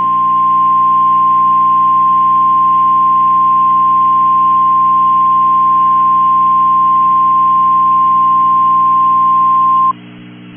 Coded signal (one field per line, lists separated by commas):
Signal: Emergency Alert System (SAME) tones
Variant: 1050 Hz attention tone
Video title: EAS Request - EF6 Tornado